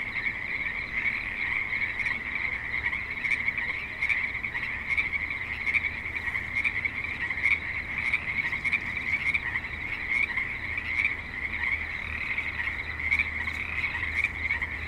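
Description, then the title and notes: Frogs calling in a dense continuous chorus of overlapping croaks, steady throughout, with a low traffic rumble underneath and occasional faint clicks. Frogs at a creek in suburban Spanish Springs, Nevada, with light traffic and other suburban sounds. "Frogs in Spanish Springs, NV - creek view. Frogs with light traffic and other suburban sounds"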